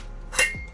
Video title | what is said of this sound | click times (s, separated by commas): The Hidden Feature on This Southwire Tool Nobody Talks About | Locks in place just like so. | 0.4 s